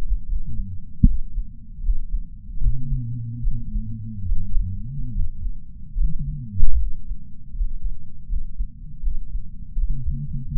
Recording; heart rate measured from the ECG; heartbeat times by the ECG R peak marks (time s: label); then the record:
heart sounds by patch sensor on the chest; 76 bpm
0.27 s: heartbeat
1.05 s: heartbeat
1.81 s: heartbeat
2.59 s: heartbeat
3.41 s: heartbeat
4.26 s: heartbeat
5.12 s: heartbeat
5.97 s: heartbeat
6.77 s: heartbeat
7.54 s: heartbeat
8.27 s: heartbeat
9.01 s: heartbeat
9.74 s: heartbeat
10.50 s: heartbeat
From the record:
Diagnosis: coronary artery disease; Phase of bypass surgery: preoperative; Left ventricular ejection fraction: 62.4%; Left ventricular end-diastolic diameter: 53 mm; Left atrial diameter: 33 mm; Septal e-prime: 9.2 cm/s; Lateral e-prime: 11.3 cm/s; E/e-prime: 6.9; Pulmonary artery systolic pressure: 26 mmHg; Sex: male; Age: 35 years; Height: 178 cm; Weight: 58 kg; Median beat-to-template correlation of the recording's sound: 0.86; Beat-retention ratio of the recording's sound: 0.99